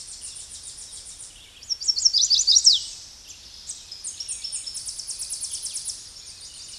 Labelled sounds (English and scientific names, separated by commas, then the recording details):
Tennessee Warbler (Leiothlypis peregrina) song
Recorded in a Pennsylvania forest on 16 May 2024 at 08:29
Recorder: AudioMoth, point MSD-0263
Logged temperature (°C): 16.0 °C
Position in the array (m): 75 m, 203 m